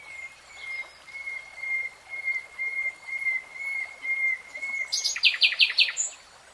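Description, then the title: Nightingale song: a sustained steady whistled tone repeated in soft pulses for several seconds, ending in a brief loud burst of rapid notes. "[Tiếng chim hót] Nightingale Singing"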